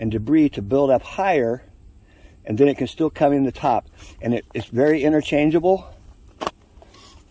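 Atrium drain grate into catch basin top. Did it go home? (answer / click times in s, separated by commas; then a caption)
yes / 6.5 s. A plastic atrium (domed) drain grate is pressed onto the top of a plastic catch basin while someone talks. The grate snaps into place with a sharp click at 6.5 seconds, followed by a few faint knocks.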